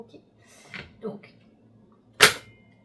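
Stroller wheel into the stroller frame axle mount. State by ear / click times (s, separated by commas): seated / 2.2 s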